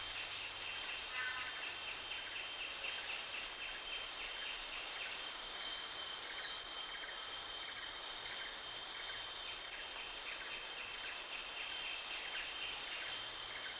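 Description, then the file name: Rufous-chested flycatcher calls as sharp, very high notes, often in quick pairs, spaced by pauses of one to three seconds against constant insect hum. Recorded at Danum on 1 March 2008. "DANUM 20080301"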